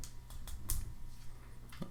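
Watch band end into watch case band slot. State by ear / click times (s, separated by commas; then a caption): seated / 0.7 s. The first side of a sport loop band, starting with the end marked with its size, is slid into the band slot of a blue aluminum Apple Watch Series 6 case. Faint ticks and scrapes lead up to a sharp click at 0.7 s, followed by a softer tick near the end. The band end is seated and locked into the case.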